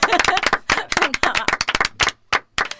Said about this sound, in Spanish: Venga, vamos a aplaudir. Venga, va.